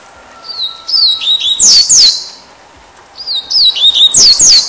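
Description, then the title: Double-collared Seedeater song: two quick phrases of high, slurred whistles, each ending in bright downward-sweeping notes, separated by a short pause. "Canto Coleiro"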